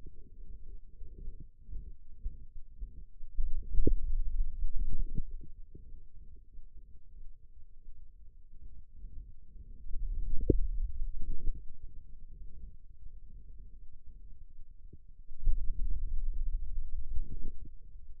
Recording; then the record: forearm muscle sounds (acoustic myography)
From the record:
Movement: hand closing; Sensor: system 2, bracelet of six BSWA MPA416 microphones around the upper forearm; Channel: 1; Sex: male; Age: 22 years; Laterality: right